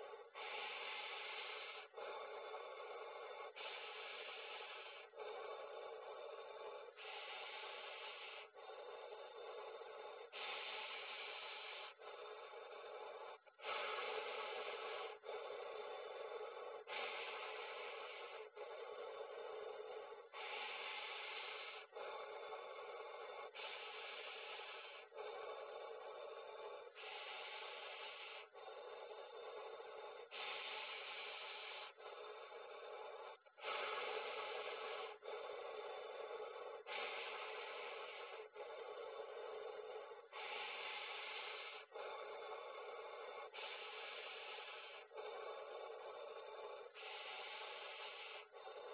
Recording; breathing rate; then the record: paced breathing near a phone; 18 breaths a minute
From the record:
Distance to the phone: 40 cm